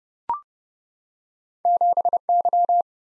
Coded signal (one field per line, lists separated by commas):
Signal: Morse code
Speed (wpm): 30 wpm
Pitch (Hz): 700 Hz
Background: none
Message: 7Y